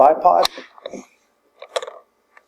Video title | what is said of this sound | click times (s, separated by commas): UK vz. 59 Machine Gun Disassembly | just snaps into place like that | 1.8 s